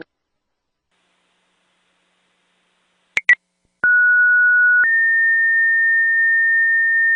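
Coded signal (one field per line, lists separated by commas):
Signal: two-tone page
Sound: two quick clicks, then a one-second steady tone stepping up to a longer higher tone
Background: radio squelch clicks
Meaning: Alert for a structure fire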